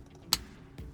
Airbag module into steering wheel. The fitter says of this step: yes look at that it snapped in place real nice